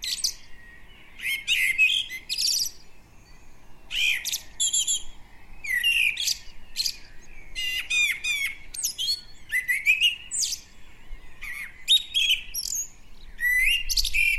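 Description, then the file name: Common blackbird chattering almost nonstop, with fast series of high squeaky and clicking notes broken by brief gaps, over a quiet background. "Turdus merula"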